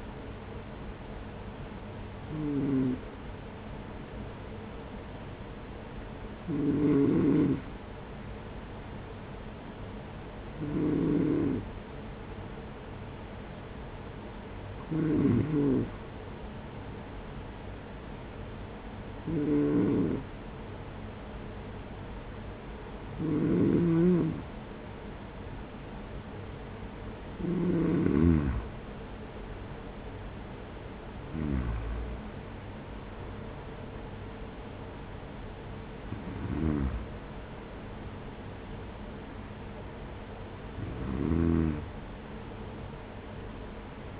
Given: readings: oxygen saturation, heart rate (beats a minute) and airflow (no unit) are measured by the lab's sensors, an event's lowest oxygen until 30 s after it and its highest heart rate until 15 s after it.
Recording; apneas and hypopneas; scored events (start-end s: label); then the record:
breathing in sleep by a voice recorder at the bedside; none
none scored
From the record:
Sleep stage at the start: N2 (light sleep); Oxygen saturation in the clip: 92 to 94%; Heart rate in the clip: 46 to 52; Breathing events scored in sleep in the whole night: 210 in 6.9 hours asleep